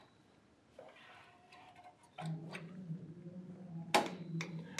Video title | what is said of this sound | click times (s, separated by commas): D20-1036 l Upgrade D20 ME to MX Horizontal Chassis Hardware v1 | you hear that click means that the MX is in place secure | 4.0 s